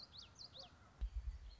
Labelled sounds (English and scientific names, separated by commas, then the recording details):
Common Yellowthroat (Geothlypis trichas)
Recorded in Sonoma County, California